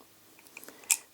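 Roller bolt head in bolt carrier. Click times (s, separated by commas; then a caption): 0.9 s. On a CA-3 .308 Cetme rifle, the roller bolt head in the bolt carrier is turned further counterclockwise to its second click, which frees it so it can be pulled out of the carrier. A few faint small ticks between 0.5 and 0.7 s lead into one sharp, bright click at 0.9 s, after which the bolt head is released.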